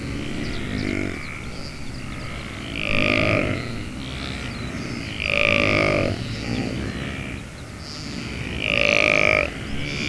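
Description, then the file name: Saiga herd calls: three loud nasal, bleating cries standing out from a steady rumbling herd noise. "Saiga tatarica saiga herd"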